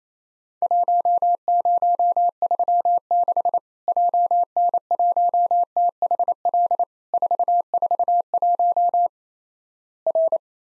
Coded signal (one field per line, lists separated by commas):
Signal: Morse code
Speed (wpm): 28 wpm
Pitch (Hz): 700 Hz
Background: none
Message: 1036 JN1THL 441 R